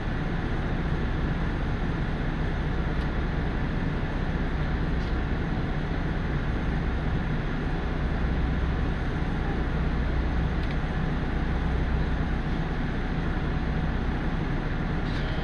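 A Tarumi Railway train runs from Morera Gifu toward Tarumi, with a steady, dense rumble and a low droning hum that barely changes. Faint sharp clicks or rail knocks come through now and then, around 3, 5, 11 and 15 seconds.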